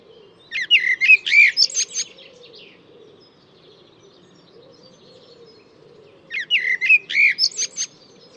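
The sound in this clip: Bird repeats a rapid chirping and whistled phrase twice, about six seconds apart.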